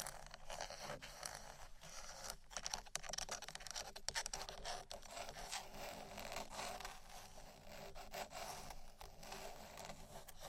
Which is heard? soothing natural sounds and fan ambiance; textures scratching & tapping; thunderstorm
textures scratching & tapping